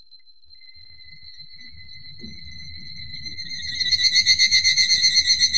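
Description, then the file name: Evening cicada call, starting as a smooth steady whine that builds in strength, then breaks into loud rhythmic pulses about four times a second. "higurashi"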